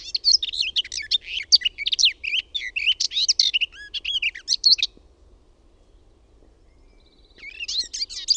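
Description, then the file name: Garden warbler delivering a long, even warble of quick varied notes for about five seconds, then silence before another phrase begins. "LEHTOKERTTU"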